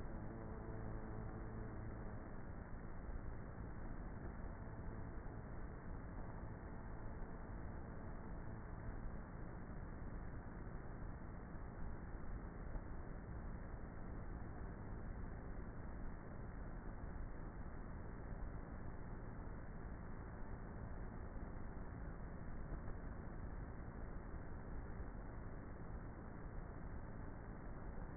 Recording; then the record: honeybee colony, microphone inside the hive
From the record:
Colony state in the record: queenless with a low population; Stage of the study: before two queens were removed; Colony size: about 30,000 bees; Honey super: no